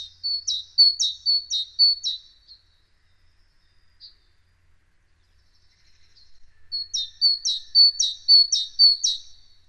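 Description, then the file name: Great tit song: a bright two-note phrase repeated quickly several times, a pause of several seconds, then another run of several phrases. "Parus major"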